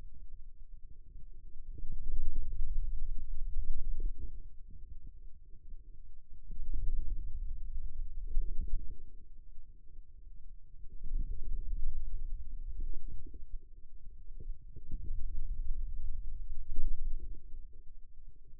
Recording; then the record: forearm muscle sounds (acoustic myography)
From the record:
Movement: pen grasping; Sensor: system 2, bracelet of six BSWA MPA416 microphones around the upper forearm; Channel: 5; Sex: male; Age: 22 years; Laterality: right